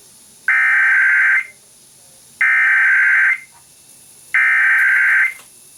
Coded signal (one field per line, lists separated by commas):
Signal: Emergency Alert System (SAME) tones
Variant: header bursts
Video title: Not much, but here ya go... EAS Tests from November, 2022 (EAS #7,834 - 7,839)